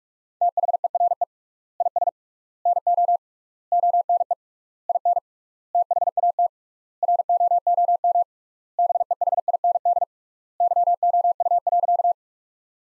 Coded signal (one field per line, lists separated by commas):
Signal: Morse code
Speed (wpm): 41 wpm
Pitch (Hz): 700 Hz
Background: none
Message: THERE IS NO ONE IN THAT ROOM BEHIND YOU.